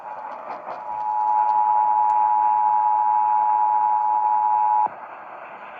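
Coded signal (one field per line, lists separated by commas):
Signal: Emergency Alert System (SAME) tones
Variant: 853 and 960 Hz attention tone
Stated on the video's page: Alerts received by long-distance AM DXing from distant AM stations.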